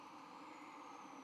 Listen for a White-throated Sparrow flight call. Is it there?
no